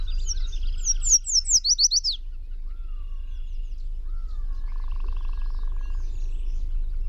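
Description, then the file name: Yellow warbler song, a quick burst of high, sweet slurred notes, followed by fainter calls and a lower trill over a low rumble. Recorded on 22 June 2001. "2001-06-22 Yellow Warb PW"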